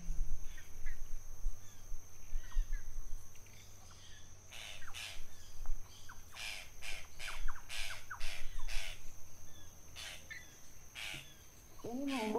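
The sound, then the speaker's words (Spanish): Tacataca bird calls in La Bayaba: a run of harsh, raspy squawks repeated in quick bursts, rising and clustering in the middle, over a steady low background hum. “¿Qué pajarito es? Pajarito el tacataca.”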